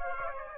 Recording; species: mosquito wingbeat signal from an infrared sensor; Aedes aegypti